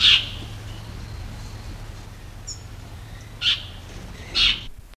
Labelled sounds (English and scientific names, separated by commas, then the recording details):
Golden-fronted Leafbird (Chloropsis aurifrons) call
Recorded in captivity
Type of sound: call
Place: Zoo Krefeld, Nordrhein-Westfalen, DE
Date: 1975-02-14
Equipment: Halbspur, 9,5 cm/s
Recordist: Lütgens, Hans
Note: Rufe